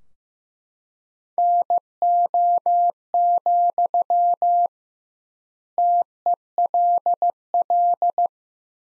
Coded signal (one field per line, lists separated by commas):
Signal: Morse code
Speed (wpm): 15 wpm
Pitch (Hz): 700 Hz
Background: none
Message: NO, TELL